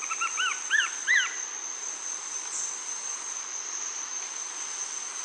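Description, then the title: Greyish mourner song: a quick series of arched whistled notes that rise in pitch and grow louder, over a steady high insect drone. Nominate subspecies Rhytipterna simplex simplex. "LuckyPassaro Completos2Sama. Greyish Mourner (Rhytipterna simplex simplex)"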